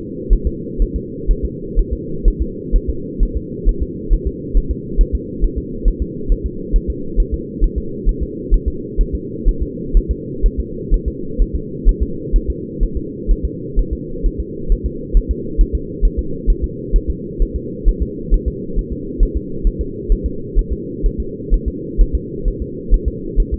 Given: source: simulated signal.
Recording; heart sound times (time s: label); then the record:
fetal heart sounds
0.33 s: S1
0.47 s: S2
0.82 s: S1
0.96 s: S2
1.31 s: S1
1.45 s: S2
1.79 s: S1
1.93 s: S2
2.28 s: S1
2.42 s: S2
2.76 s: S1
2.90 s: S2
3.23 s: S1
3.37 s: S2
3.69 s: S1
3.82 s: S2
4.13 s: S1
4.27 s: S2
4.57 s: S1
4.71 s: S2
5.01 s: S1
5.15 s: S2
5.44 s: S1
5.58 s: S2
5.88 s: S1
6.02 s: S2
6.32 s: S1
6.46 s: S2
6.76 s: S1
6.90 s: S2
7.20 s: S1
7.34 s: S2
7.64 s: S1
7.78 s: S2
8.09 s: S1
8.23 s: S2
8.54 s: S1
8.68 s: S2
9.01 s: S1
9.15 s: S2
9.49 s: S1
9.62 s: S2
9.97 s: S1
10.11 s: S2
10.46 s: S1
10.60 s: S2
10.94 s: S1
11.08 s: S2
11.42 s: S1
11.55 s: S2
11.89 s: S1
12.03 s: S2
12.36 s: S1
12.50 s: S2
12.83 s: S1
12.97 s: S2
13.31 s: S1
13.45 s: S2
13.79 s: S1
13.93 s: S2
14.26 s: S1
14.40 s: S2
14.72 s: S1
14.86 s: S2
15.17 s: S1
15.31 s: S2
15.61 s: S1
15.75 s: S2
16.05 s: S1
16.19 s: S2
16.50 s: S1
16.64 s: S2
16.96 s: S1
17.10 s: S2
17.42 s: S1
17.56 s: S2
17.88 s: S1
18.02 s: S2
18.34 s: S1
18.48 s: S2
18.79 s: S1
18.93 s: S2
19.23 s: S1
19.37 s: S2
19.67 s: S1
19.81 s: S2
20.12 s: S1
20.26 s: S2
20.59 s: S1
20.73 s: S2
21.06 s: S1
21.20 s: S2
21.54 s: S1
21.68 s: S2
22.01 s: S1
22.15 s: S2
22.48 s: S1
22.62 s: S2
22.94 s: S1
23.08 s: S2
23.40 s: S1
23.54 s: S2
From the record:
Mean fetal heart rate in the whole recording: 130 bpm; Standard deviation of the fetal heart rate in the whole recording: 4 bpm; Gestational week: 38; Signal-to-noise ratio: -4.3 dB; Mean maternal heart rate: 72 bpm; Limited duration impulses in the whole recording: absent